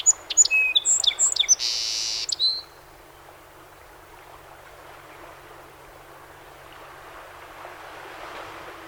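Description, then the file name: Song sparrow song's latter part: rapid varied notes leading into a broad buzzy trill and a short whistled ending, followed by several seconds of quiet background hiss. Recorded 7 June 2018; 21 songs. "2018-06-07 SOSP 21 Songs"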